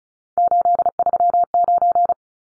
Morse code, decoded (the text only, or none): 839